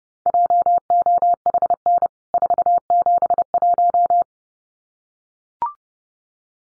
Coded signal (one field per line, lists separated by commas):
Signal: Morse code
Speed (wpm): 30 wpm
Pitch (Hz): 700 Hz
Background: none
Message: JOHN 471